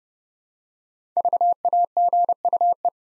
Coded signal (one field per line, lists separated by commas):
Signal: Morse code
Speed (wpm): 29 wpm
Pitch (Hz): 700 Hz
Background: none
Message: VAGUE